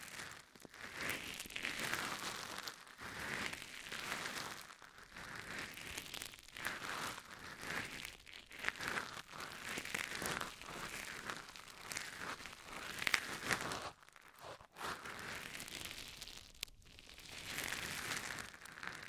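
Ear massage sounds made of dense crinkling and rubbing, rising and falling in sweeping strokes every second or two. The texture is bright and hissy, with short pauses near 3, 5, 14.5 and 17 seconds and a few sharper crackles mixed in.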